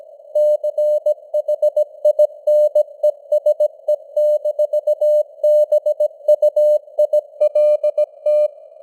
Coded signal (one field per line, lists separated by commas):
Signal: Morse code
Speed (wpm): 17 wpm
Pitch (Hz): 600 Hz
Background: none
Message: CHINESE-BUILT